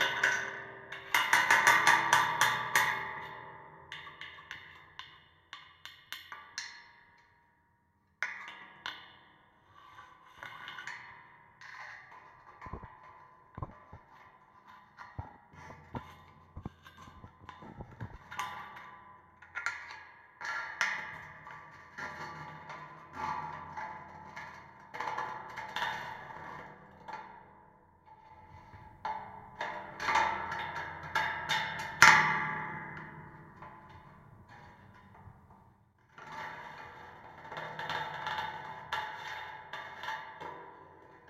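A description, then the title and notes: A gate recorded through a contact mic, giving a stream of creaks, taps and scraping knocks that swell and fade in uneven bursts. Loud, bright clatters come near the start and again around 32 seconds, with short near-silent gaps around 8 and 36 seconds. Contact mic on gate.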